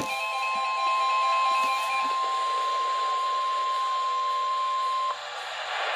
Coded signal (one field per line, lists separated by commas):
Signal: Emergency Alert System (SAME) tones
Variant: 1050 Hz attention tone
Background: music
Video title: NOAA Weather Radio EAS #178: Severe Thunderstorm Warning